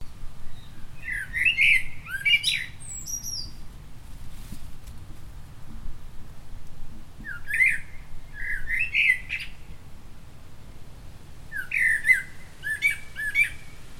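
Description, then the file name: Common blackbird calls: three bursts of sharp, chirping notes around two and eight seconds and again near twelve seconds, over a low steady background rumble. "Turdus merula"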